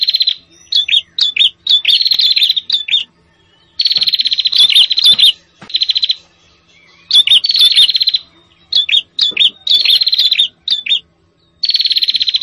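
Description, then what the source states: Prinia calls of rapid, buzzy trilled series alternating with sharp single chips, coming in repeated bursts with short breaks. Noisy, agitated prenjak calls used as a lure for trapping prenjak, including red-headed prenjak and visiting prenjak.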